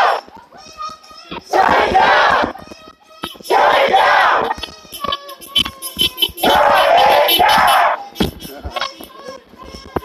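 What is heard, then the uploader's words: Protesters in Buffalo's Niagara Square chant in loud bursts from the crowd, near two, four and seven seconds, with scattered voices between. Niagara Square Protest in Downtown Buffalo.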